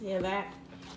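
Someone talks briefly while handling the latching lid clips on a plastic bento-style lunch container, about to press them down to close it. The clips have not snapped shut yet; nothing has seated or clicked in this clip.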